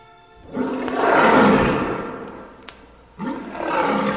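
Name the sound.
lion roaring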